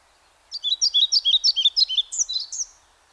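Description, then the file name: European pied flycatcher song: a brisk string of bright up-and-down whistled pairs, finishing with a few higher slurred notes. "Мухоловка пеструшка Ficedula hypoleuca"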